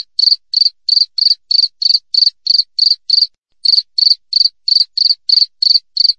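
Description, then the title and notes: Cricket giving bright, pulsed chirps at a quick regular pace, around three each second, pausing once before resuming; background silent. Clear wild cricket chirps with tight spacing, used as a tutor recording for training songbirds and for repelling rats. "Masteran Jangkrik Alam Jernih, Jeda Rapat Cocok Untuk Masteran Burung Dan Mengusir Tikus. suara jangkrik"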